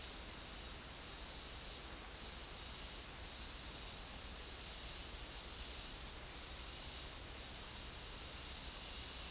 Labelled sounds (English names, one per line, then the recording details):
none
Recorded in dense forest near Puerto Asís, Putumayo, Colombia, on 9 March 2025 at 10:30
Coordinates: 0.499, -76.324
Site GP03